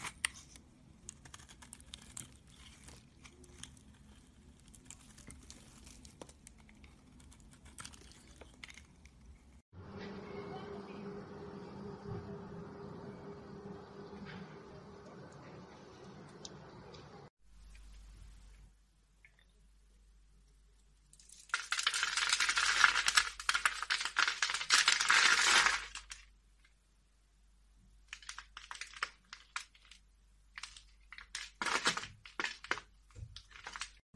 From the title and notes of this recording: This episode of the White Noise Podcast is SOAP CARVING.